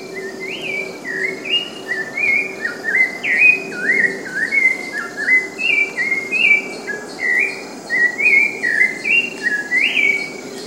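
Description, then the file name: Rufous-bellied thrush song: short clear whistled phrases, rising and falling, delivered in a steady string over a faint low hum. Cantareira, São Paulo state, Brazil. "Turdus-rufiventris-PECantareira SP 3-12-16-ASilveira"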